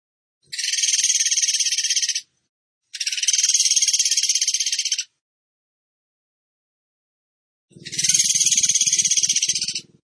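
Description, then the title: Bird trill: three buzzy, high rattling bursts of about two seconds each with gaps between, plus a low rumbling noise during the last burst. Masteran training recording of bird song in the tembakan gacor style. "Masteran Burung Tembakan Gacor"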